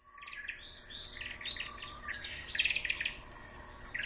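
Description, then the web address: Ryukyu robin singing quick runs of trilled and warbled notes over a loud, constant high chorus of crickets. Recorded in Yanbaru on 20 September 2017. "koe akahige 170920 yanbaru morishita"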